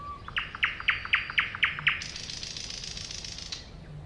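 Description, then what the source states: Thrush nightingale singing a rapid series of seven loud clicking notes, then a long, grating rattle lasting over a second. Recorded at a woodland edge next to a lake in 2001.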